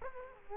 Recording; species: mosquito wingbeat signal from an infrared sensor; Culex quinquefasciatus